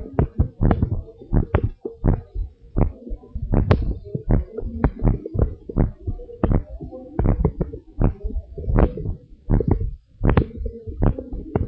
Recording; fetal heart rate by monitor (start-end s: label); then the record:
heart sounds of a pregnant woman by stethoscope
no fetal heartbeat
From the record:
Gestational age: 32 weeks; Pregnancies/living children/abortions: 4/3/0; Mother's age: 42 years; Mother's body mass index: 28.7